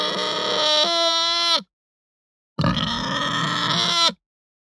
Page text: Hampshire Pig Grunt Moan Ramp Up Long. Quick Sounds